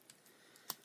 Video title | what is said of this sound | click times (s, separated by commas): Review: S.H.Figuarts - Kamen Rider Wizard Flame Dragon | so yeah this just pops right in where that one was | 0.7 s